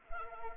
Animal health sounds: mosquito wingbeat signal from an infrared sensor; Anopheles arabiensis

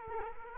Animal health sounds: mosquito wingbeat signal from an infrared sensor; Culex quinquefasciatus

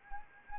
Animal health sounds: mosquito wingbeat signal from an infrared sensor; Anopheles arabiensis

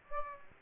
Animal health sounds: mosquito wingbeat signal from an infrared sensor; Aedes aegypti

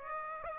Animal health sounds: mosquito wingbeat signal from an infrared sensor; Aedes aegypti

